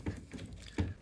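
The small end clip of a loose RV window blind is pushed down into the blind valance to reseat the blind. A few dull, low knocks of handling are heard, the strongest near 0.1 and 0.8 seconds. Nothing has seated or clicked yet.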